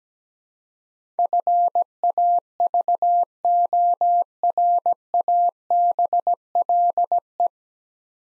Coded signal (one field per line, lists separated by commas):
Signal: Morse code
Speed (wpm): 17 wpm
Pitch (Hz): 700 Hz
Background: none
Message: FAVORABLE